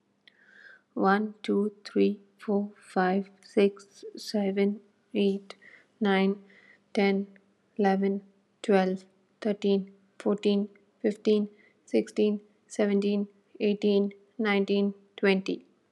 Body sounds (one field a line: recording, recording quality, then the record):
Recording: counting at a normal pace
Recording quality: excellent, no background noise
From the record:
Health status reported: healthy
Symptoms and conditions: none ticked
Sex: female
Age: 37 years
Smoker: not ticked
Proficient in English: yes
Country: India